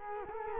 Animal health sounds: mosquito wingbeat signal from an infrared sensor; Culex quinquefasciatus

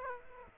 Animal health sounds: mosquito wingbeat signal from an infrared sensor; Aedes aegypti

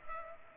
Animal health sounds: mosquito wingbeat signal from an infrared sensor; Culex pipiens

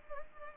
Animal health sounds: mosquito wingbeat signal from an infrared sensor; Culex pipiens

